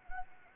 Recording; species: mosquito wingbeat signal from an infrared sensor; Anopheles gambiae